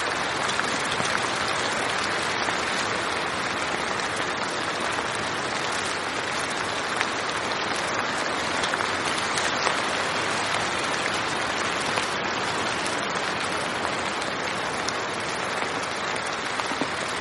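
Quiet rain falls steadily, a dense, even patter that holds the same level from start to finish. The hiss sits mostly in the middle and upper range, with occasional sharper drop ticks standing out now and then.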